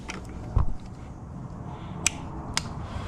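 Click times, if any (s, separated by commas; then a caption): 2.1 s, 2.6 s. A torque wrench set to about 10 Nm tightens a skid plate bolt on the frame of a Yamaha WR450 dirt bike. After a dull low thud near 0.6 s, the wrench gives two sharp clicks at 2.1 s and 2.6 s, showing the setting has been reached and the bolt is done.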